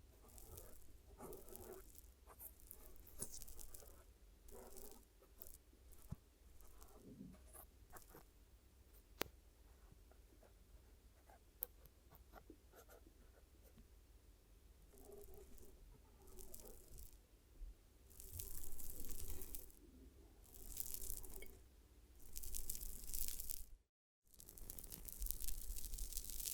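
Glue ear massage and cleaning: soft rubbing, patting and squishy crackles, with bursts of bright scratchy hiss near 18–20 seconds and a brief dropout near 24.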